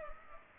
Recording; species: mosquito wingbeat signal from an infrared sensor; Culex pipiens